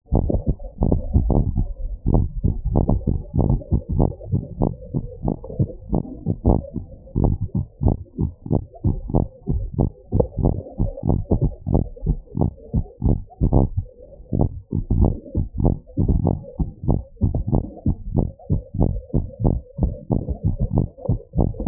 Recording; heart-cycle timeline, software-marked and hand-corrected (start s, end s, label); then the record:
heart sounds
not marked
From the record:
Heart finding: abnormal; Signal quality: poor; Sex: female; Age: 65 years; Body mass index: 30.8